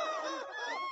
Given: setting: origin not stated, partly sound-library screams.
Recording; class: one-second piece from a danger detection set; woman in danger